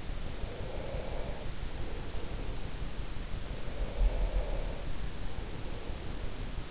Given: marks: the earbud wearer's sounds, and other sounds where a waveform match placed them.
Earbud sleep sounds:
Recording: sounds in sleep by an in-ear microphone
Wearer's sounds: breath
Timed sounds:
0.28-2.58 s: breath
3.61-6.33 s: breath

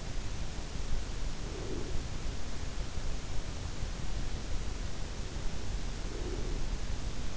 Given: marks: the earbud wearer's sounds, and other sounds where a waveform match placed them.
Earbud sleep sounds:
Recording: sounds in sleep by an in-ear microphone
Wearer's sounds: breath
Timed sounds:
1.31-2.56 s: breath
6.00-7.37 s: breath

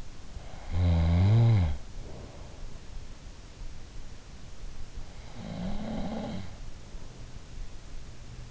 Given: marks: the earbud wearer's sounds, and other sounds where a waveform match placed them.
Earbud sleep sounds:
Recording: sounds in sleep by an in-ear microphone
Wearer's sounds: snoring breath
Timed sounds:
0.00-2.39 s: snoring breath
4.74-7.42 s: snoring breath

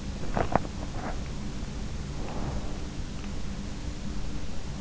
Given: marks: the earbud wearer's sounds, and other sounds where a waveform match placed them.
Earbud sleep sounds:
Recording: sounds in sleep by an in-ear microphone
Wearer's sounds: swallowing, breath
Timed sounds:
0.00-1.71 s: sound from someone else or the room
0.04-1.14 s: swallowing
2.10-3.02 s: breath

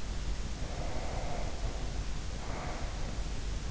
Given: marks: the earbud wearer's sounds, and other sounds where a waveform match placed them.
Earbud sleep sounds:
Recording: sounds in sleep by an in-ear microphone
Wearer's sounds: breath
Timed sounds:
0.37-3.34 s: breath

